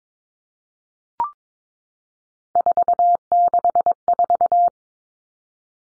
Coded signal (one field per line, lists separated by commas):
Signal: Morse code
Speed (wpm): 22 wpm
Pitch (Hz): 700 Hz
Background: none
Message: 464